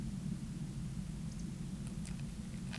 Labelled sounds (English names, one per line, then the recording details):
Eurasian Woodcock whistle
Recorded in Baden-Württemberg, Germany, on 11 June 2021 at 20:17 UTC
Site 24606, 635 m above sea level